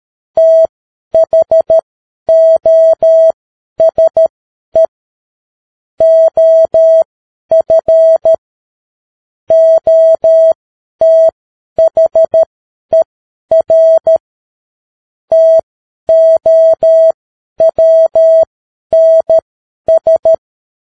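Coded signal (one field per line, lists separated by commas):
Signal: Morse code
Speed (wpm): 13 wpm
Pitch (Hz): 650 Hz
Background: none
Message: THOSE OF OTHER TOWNS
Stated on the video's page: Morse practice at 10 wpm.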